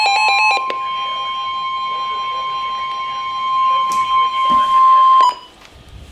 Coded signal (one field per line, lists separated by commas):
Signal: Emergency Alert System (SAME) tones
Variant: 1050 Hz attention tone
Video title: Special Marine Warning (EAS #1,260)